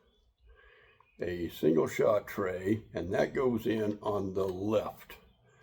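A single shot pellet tray is being handled for insertion from the left side of an Umarex NXG APX multi-shot pump pellet rifle while someone talks. A faint short tick sounds near 1.0 s before the speech begins. The tray has not clicked or seated yet by the end of the clip.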